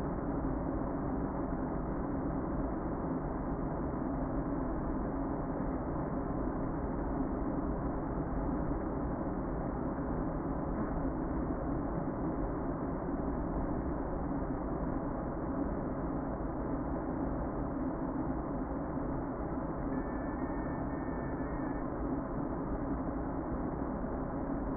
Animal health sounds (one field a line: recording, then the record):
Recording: honeybee colony, microphone inside the hive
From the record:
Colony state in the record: queen present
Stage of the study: before two queens were removed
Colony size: about 60,000 bees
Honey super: yes